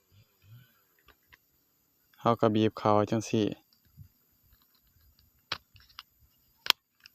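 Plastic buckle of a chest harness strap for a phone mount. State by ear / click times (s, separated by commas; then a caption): seated / 6.7 s. Someone squeezes the plastic buckle of a chest-harness strap for a phone mount together while talking. After a few faint ticks, a single sharp click at 6.7 s marks the buckle locking shut, seated.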